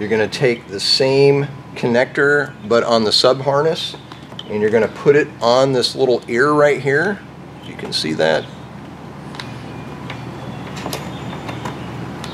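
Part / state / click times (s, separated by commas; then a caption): wire harness connector onto mounting ear on the bracket / not seated / none. Someone talks, then handles the plastic connector on the lighting sub-harness as it is slid onto a small mounting ear on the bracket, with a few small sharp knocks of contact. Nothing has seated or locked into place yet.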